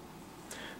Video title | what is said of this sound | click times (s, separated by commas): Croakies Endless ARC Adjustable Fly Fishing Sunglasses Retainers | of the attachments here and you just twist pops | 0.5 s